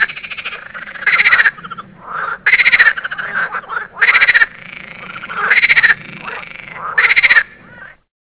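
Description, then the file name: Marsh frogs calling in chorus, rapid rattling croaks in short loud bursts every second and a half or so, softer frogs chattering between them. "meer groene kikker roepkoor"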